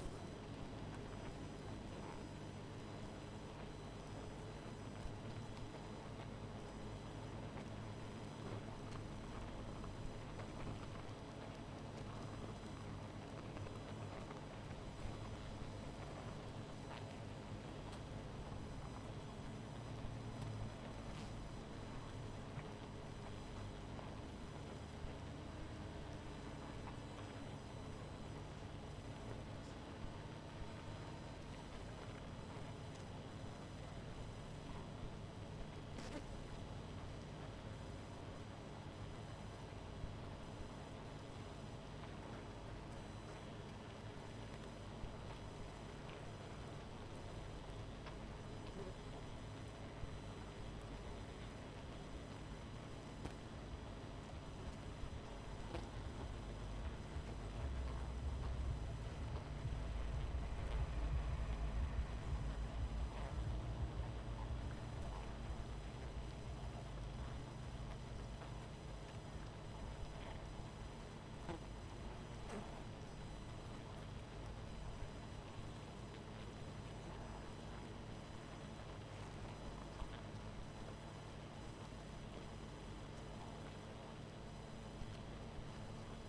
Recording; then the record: honeybee colony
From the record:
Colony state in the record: missing queen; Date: 14 July 2017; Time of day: 20:22